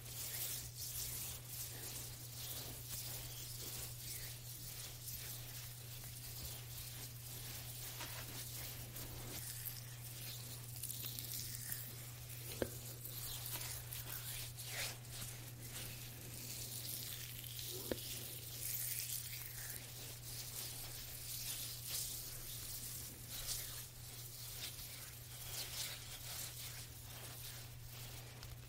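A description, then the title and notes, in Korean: A gentle hand massage without any talking: soft, continuous rubbing and brushing of skin that swells and eases in slow waves. A steady low hum runs underneath throughout, and two faint sharp clicks break through at about 12 and 18 seconds. 말없이 부드러운 손 마사지 소리.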